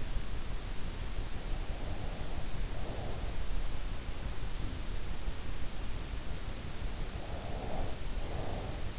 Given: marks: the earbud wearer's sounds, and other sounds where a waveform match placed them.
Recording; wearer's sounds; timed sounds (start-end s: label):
sounds in sleep by an in-ear microphone; breath
1.42-3.54 s: breath
7.46-8.98 s: breath